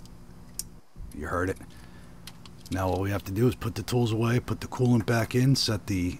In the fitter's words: and get your connector and listen for that satisfying click here we go you heard it now